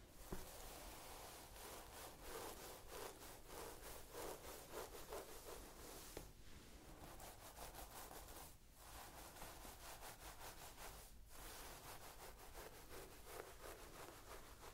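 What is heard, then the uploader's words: Dense rustling of hands playing with hair, with quick rhythmic strokes repeating steadily, each a crisp, bright scratch. The sound runs almost continuously, easing off briefly around six, nine and eleven seconds before the rubbing resumes at the same pace. ASMR Playing with Your Hair.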